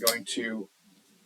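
A plastic RJ45 plug on the end of an Ethernet cable is handled in a ratcheting crimp tool. Someone talks for the first 0.7 s, followed by quiet low hum. Nothing has seated or clicked yet.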